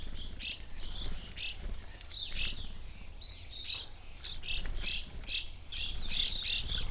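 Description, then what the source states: Evening grosbeaks calling, clipped high chirps scattered in short clusters, some louder near the end, over a low background rumble. Flock feeding on sunflower seeds at backyard feeder hanging from a birch, relatively warm winter morning, McCloud, Siskiyou County, California; microphones either side of the tree trunk.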